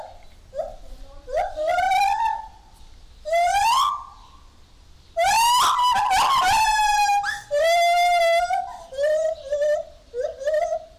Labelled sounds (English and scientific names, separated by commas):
Lar Gibbon (Hylobates lar)